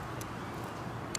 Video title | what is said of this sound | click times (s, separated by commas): OLIGHT PERUN MINI REVIEW | steel retainer clip looks like it snaps right in there | 1.1 s